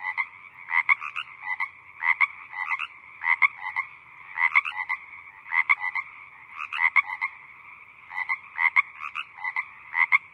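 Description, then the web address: Croaking frogs, clusters of harsh pulsed notes repeating irregularly, with a steady drone of more frogs in the background. Small group of frogs croaking in the evening. "evening frog ambience small group croaking"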